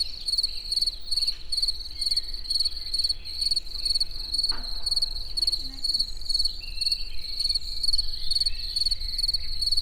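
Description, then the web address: Cricket song: high, even pulses repeated in steady bursts, with one brief click. Recorded in nature towards evening at a tourist house near Eger. "allathangok termeszetben tucsok estefele egerturistahaz"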